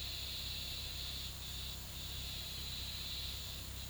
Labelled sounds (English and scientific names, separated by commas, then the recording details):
none
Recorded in pastures near Puerto Asís, Putumayo, Colombia, on 18 February 2024 at 16:30
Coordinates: 0.486, -76.323
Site G6462